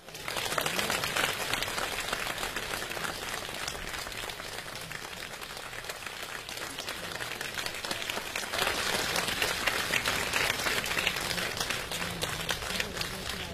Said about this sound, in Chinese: 节目呢一场接着一场，接下来请大家用热烈的掌声有请我国著名的相声表演艺术家王千祥、李增瑞。